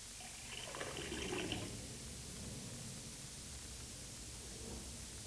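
Tap water runs into a glass, with a bright, rising gurgle over the first second and a half before it settles into a steady, hissing stream.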